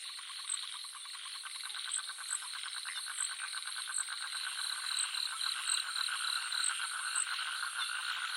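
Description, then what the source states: Frogs in chorus, a fast pulsed trilling beneath a dense buzzing insect hum with repeated high ticking notes above. Jungle nature soundscape with frogs and crickets.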